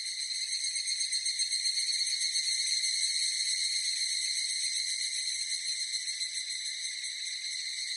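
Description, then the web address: Evening cicada song: a steady, high, ringing trill with no other clear sounds. Recorded 18 July 2004. "2004 040718 higurasi"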